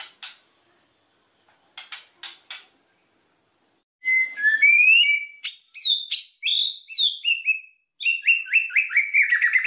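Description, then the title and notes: White-rumped shama song: a few sharp high clicks, then loud varied whistles and sweeping slurred notes, ending with a rapid series of repeated notes. Long-duration lure (pikat) recording used for trapping. "Pikat Murai Batu. Burung Murai Batu"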